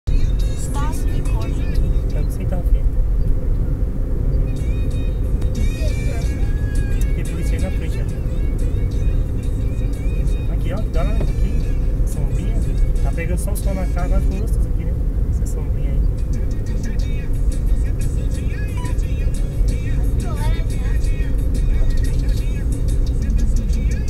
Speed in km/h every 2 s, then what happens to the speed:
74, 72, 72, 72, 71, 69, 68, 67, 66, 66, 64, 62.
0-24 slows to 62.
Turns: none.